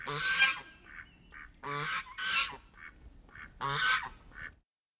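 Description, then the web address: Goose: geese honking: loud, harsh, nasal honks in bursts, with softer higher calls between them and quiet pauses. Geese honking while moving. "bird geese honks with movement"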